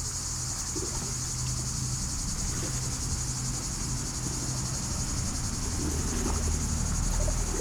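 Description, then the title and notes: Unbroken high-pitched cicada buzzing, with a deep rumble of passing vehicles underneath. Hot summer day beside Lac du Bourget, Brison-Saint-Innocent, France; cicadas very active in waterside poplars; traffic on the D991; recorded during a bike stop. "9 Chem. de la Fontaine, 73100 Brison-Saint-Innocent, France - Les cigales. Au bord du lac du Bourget par une chaude journée d'été je suis en vélo, les cigales sont très actives aujourd'hui dans les peupliers du bord de l'eau. cymbalisation des cigales locales"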